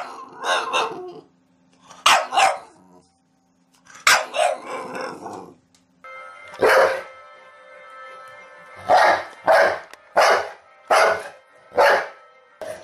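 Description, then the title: Dog barks, rough noisy barks in bursts, then a rapid run of regular barks about twice a second over a steady tonal hum. Compilation of several dogs barking, presented as funny. "Los mejores LADRIDOS DE PERROS 🐶 Perros LADRANDO"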